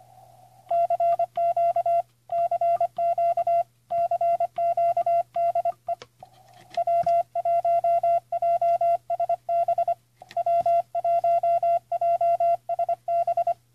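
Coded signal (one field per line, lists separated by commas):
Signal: Morse code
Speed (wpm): 25 wpm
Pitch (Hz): 680 Hz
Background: none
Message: CQ CQ CQ DE W1JSB W1JSB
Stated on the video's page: 15m Ft. Tuthill QRP CW transceiver.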